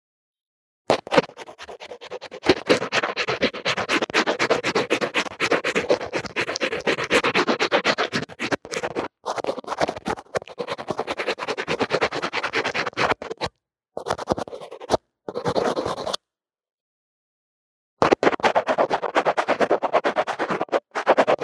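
Drawing and makeup sounds caught on a lo-fi earphone mic: dense, rapid scratching strokes run nearly continuously from about one second to thirteen. Shorter bursts follow with abrupt silent gaps, including a full pause around sixteen to eighteen seconds, before scratching resumes to the end.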